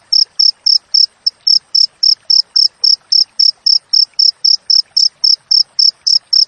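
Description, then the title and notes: Cricket chirping in a steady train of short high pulses, about three to four each second, with faint scattered background sounds below. Wild cricket sound with clear, closely spaced chirps, intended for training songbirds to mimic and for repelling rats. "Masteran Jangkrik Alam Jernih, Jeda Rapat Cocok Untuk Masteran Burung Dan Mengusir Tikus. suara jangkrik"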